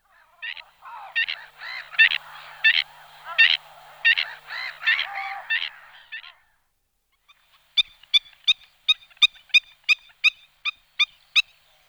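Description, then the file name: Black-winged stilt calling with harsh nasal yelps for several seconds, then after a short gap a run of crisp, clipped notes repeated about three times a second. "echasse blanche"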